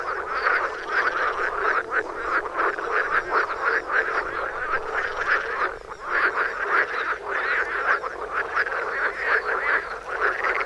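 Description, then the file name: Frog chorus of dense, overlapping croaks and rattling pulses, steady and loud for the whole stretch. "toms frogs for wilson"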